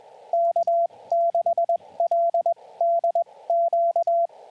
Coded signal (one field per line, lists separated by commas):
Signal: Morse code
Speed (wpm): 22 wpm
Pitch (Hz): 680 Hz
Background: radio noise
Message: K6LDQ